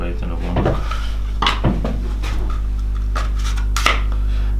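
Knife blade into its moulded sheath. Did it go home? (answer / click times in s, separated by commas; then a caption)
yes / 3.8 s, 3.9 s. A custom knife is pushed into its wet-moulded sheath, shaped to fit the knife closely, while someone talks over a steady low hum. Light scraping and rubbing build to sharp clicks at 3.8 s and 3.9 s as the blade clicks home. The knife is seated, the click showing a good, close fit.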